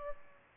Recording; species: mosquito wingbeat signal from an infrared sensor; Aedes albopictus